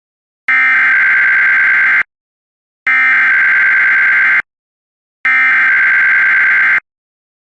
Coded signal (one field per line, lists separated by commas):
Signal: Emergency Alert System (SAME) tones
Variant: header bursts